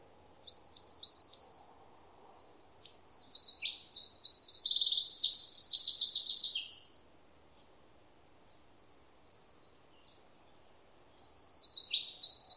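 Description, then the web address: Bird calls in several bursts of fast, high, rattling chirps separated by pauses, the last burst starting near the end. "cianscape birddata Deverinetal 2025"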